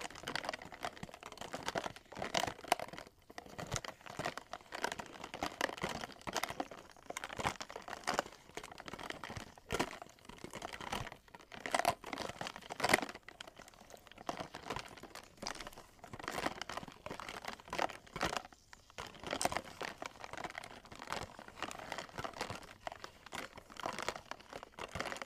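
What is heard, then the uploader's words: Ice clinks and crackles in a dense, irregular stream of small bright ticks and crinkles, unbroken across the whole stretch with frequent sharper snaps. Ice clinking, ice melting. Blue yeti microphone.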